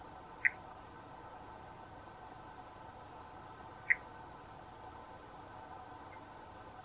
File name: Pithecopus hypochondrialis